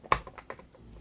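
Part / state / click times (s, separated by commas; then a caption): plastic arm of a cube-solving robot clipping into its raised position on the base / seated / 0.1 s. After the arms of a cube-solving robot are pulled out slightly and raised, a plastic arm is pressed down onto its base to clip into its raised position. A sharp click sounds at 0.1 s, followed by a softer knock at 0.5 s and a few light taps. The arm clips firmly in place.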